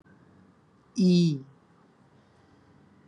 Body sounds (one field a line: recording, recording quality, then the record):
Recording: sustained vowel as in beet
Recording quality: excellent, no background noise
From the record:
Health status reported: recovered from COVID-19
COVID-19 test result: positive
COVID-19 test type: RT-PCR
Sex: male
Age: 29 years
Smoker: yes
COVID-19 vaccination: both doses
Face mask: not worn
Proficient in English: yes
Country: India